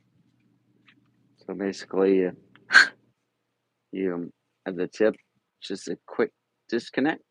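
Someone talks while handling a handpiece tip at the quick-disconnect coupling on the flexible shaft of a rotary tool, with faint brief ticks around 0.9 s and 2.6 s. The clip ends before the tip goes home, so nothing has seated or clicked yet.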